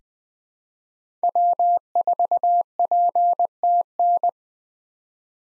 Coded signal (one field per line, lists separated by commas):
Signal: Morse code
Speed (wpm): 20 wpm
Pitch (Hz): 700 Hz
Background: none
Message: W4PTN